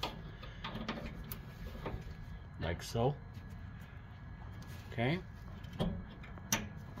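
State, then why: Seated. A fuel line quick-connect fitting is pushed onto the fuel pump assembly nipple during a fuel pump and filter replacement on a 1997 Ford Explorer XLT. Someone talks over faint handling noises and small ticks. A loud, sharp snap at 6.5 s marks the connector seating home.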